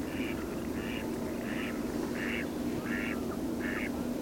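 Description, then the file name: Jack snipe calls: six rhythmic hoarse bursts over a low engine-like rumble. "Dvargbeckasin"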